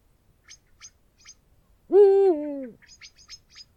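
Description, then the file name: Eurasian eagle-owl with one deep hoot that steps down in pitch partway through, among sparse high chirps from small birds before and after. "uhu bagoly hangja"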